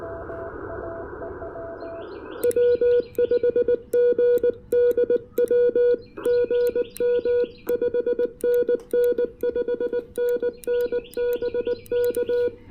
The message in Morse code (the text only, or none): W5GDW GM 5NN 5NN BK